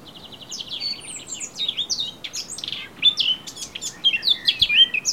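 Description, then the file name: Eurasian blackcap song, opening with quiet scratchy chatter that builds into loud, clear fluty whistles and warbled flourishes. "Sylvia atricapilla"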